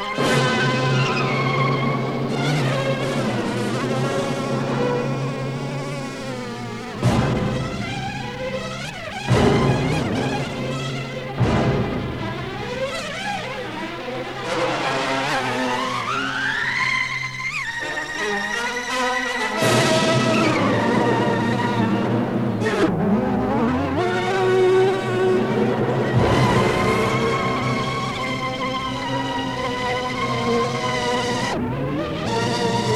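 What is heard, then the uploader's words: A damaged cassette tape plays back as a thick, warbling smear of pitched tones that bend and slide, with a buzzing, insect-like grain and a steady low hum underneath. Brief dropouts and abrupt breaks occur around 7, 9, 11, 19, 23 and 26 seconds. Distorted Tape. Cassette tape bought at Goodwill in Seattle, WA and physically altered by bending, scratching, stretching, soaking, or otherwise damaging. No digital alterations have been made, other than exporting the audio of the tape with a tape to digital converter (DigitNow!).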